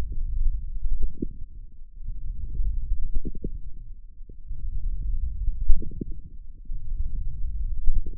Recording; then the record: forearm muscle sounds (acoustic myography)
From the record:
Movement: wrist flexion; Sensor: system 1, eight BSWA MPA416 microphones around the upper forearm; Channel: 8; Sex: male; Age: 18 years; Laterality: right